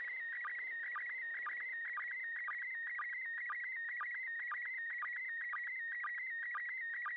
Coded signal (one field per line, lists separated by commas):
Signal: SSTV (slow-scan television)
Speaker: the international space station came over the uk transmitting amateur radio slow scan television on 145.8 megahertz